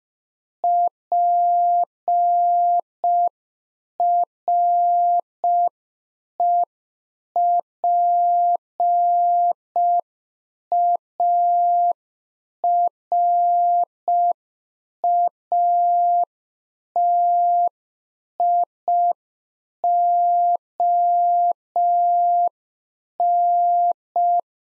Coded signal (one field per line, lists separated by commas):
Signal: Morse code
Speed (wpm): 5 wpm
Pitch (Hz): 700 Hz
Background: none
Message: PREPARATION